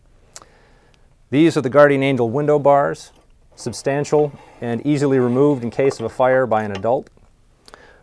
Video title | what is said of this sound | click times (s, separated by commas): Firefighter training video on window safety | The advantage of this device is when the window is pushed closed, it automatically snaps back into its locking guarded position. | 0.4 s